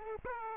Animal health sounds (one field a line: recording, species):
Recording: mosquito wingbeat signal from an infrared sensor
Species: Aedes aegypti